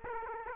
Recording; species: mosquito wingbeat signal from an infrared sensor; Aedes aegypti